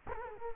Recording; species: mosquito wingbeat signal from an infrared sensor; Culex quinquefasciatus